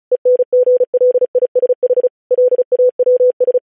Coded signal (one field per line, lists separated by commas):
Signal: Morse code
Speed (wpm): 36 wpm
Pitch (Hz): 500 Hz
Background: none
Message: ENGLISH LAWS